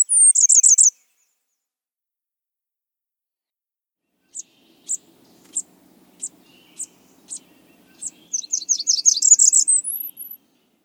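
Blackburnian warbler song: very high, thin, rapid buzzy notes, then a sparse series of high ticks, ending in a fast run of notes that climbs to an extremely high thin trill.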